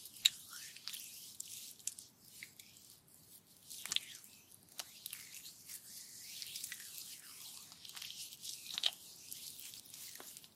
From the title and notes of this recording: TimASMR-Blissful Full Body Massage & Spa Treatment.